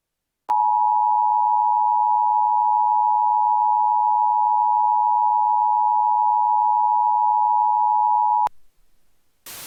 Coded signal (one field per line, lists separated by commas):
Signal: Emergency Alert System (SAME) tones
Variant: 853 and 960 Hz attention tone